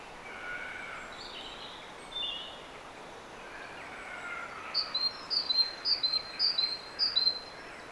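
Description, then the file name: Great tit song: a run of several high, sharp two-note phrases repeated rapidly in the second half. "Parus major"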